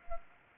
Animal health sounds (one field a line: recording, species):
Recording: mosquito wingbeat signal from an infrared sensor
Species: Anopheles arabiensis